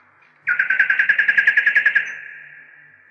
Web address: slowik spiew slowika